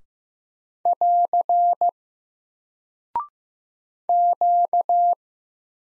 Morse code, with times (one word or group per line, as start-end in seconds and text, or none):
0.9-1.9 <AR>
4.1-5.1 Q